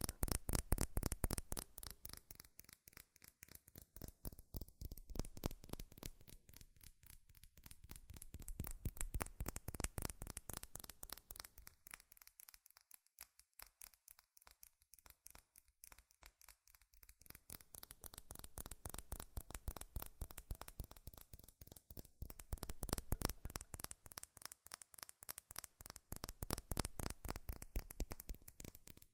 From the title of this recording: FAST & FURIOUS TAPPING Metal Sounds